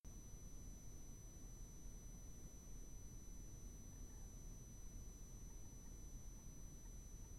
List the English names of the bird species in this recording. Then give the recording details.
none. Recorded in France